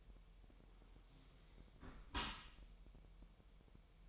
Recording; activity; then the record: daily activity, microphone in the room; close dishwasher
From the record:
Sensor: 1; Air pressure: 1000.8 hPa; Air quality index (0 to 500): 248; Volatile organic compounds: 147 ppm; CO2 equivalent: 4011 ppm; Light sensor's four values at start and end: 11/28/11/12 and 11/28/11/12